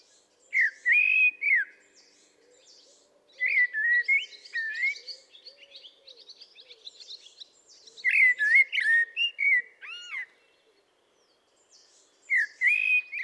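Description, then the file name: Common blackbird song: four mellow, fluting warbled phrases a few seconds apart, most ending in high squeaky twitters, with a faint low hum beneath. "Turdus merula"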